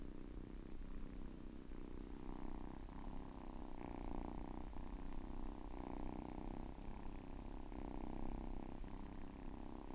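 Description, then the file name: Cat purring steadily, a low rumbling drone with a soft rhythmic pulse roughly every second; no other clear sounds. "Katze"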